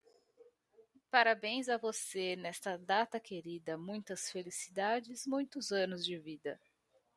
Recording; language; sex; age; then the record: short text; Brazilian Portuguese; female; 30 to 39 years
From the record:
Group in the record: control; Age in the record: 33 years